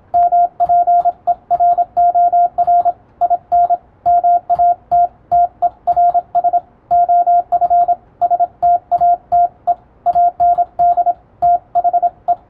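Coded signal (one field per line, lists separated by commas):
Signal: Morse code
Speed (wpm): 27 wpm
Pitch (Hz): 700 Hz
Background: radio noise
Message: MPEROR IN MATTERS OF STATE AND THE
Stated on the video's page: Morse reception practice for radiotelegraph operators, copied by typing; Morse formerly used between ships and coast stations.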